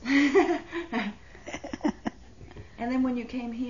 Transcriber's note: they laugh